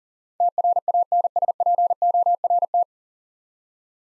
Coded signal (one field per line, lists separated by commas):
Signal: Morse code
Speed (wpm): 37 wpm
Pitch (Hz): 700 Hz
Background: none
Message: TRANSPORT